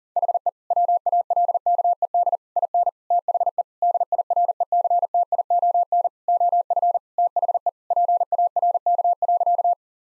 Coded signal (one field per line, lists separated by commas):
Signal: Morse code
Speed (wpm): 40 wpm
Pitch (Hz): 700 Hz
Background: none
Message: HE WALKED IN THE DIRECTION OF THE PARK.